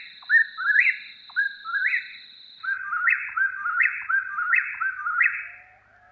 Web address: Wildlife Sounds. Whip poor will